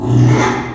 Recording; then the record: squeal of a Yucatan mini pig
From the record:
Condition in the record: after surgery on the right vocal fold (resection and tissue-engineered implant); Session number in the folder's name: 3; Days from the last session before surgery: 33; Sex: male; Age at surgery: 12 weeks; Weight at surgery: 13 kg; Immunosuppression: cyclosporine, prednisolone